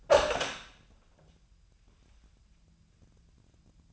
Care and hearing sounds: daily activity, microphone in the room; open door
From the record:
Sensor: 2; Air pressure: 998.3 hPa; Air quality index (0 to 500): 139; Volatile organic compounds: 4 ppm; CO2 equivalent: 1572 ppm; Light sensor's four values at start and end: 12/34/14/13 and 12/35/14/14

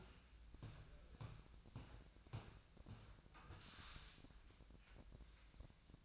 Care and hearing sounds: daily activity, microphone in the room; walk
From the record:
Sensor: 2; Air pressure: 1012.1 hPa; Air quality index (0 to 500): 172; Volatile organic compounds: 2 ppm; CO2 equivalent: 1262 ppm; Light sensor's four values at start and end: 43/115/48/54 and 42/112/47/52

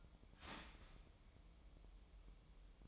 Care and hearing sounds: daily activity, microphone in the room; start toaster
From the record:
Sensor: 1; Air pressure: 988.6 hPa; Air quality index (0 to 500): 197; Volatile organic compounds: 963 ppm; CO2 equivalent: 5253 ppm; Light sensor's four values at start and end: 25/95/36/37 and 25/95/36/37

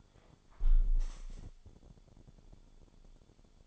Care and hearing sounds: daily activity, microphone in the room; close window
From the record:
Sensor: 5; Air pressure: 1014.9 hPa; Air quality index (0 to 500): 96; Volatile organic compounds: 2 ppm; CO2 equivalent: 1030 ppm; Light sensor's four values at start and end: 35/80/32/31 and 35/80/32/31

